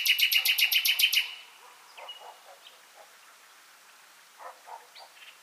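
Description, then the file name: Common nightingale song: a loud, fast trill of repeated notes for about a second, then soft scattered notes and one brief thin whistle. "Luscinia megarhynchos"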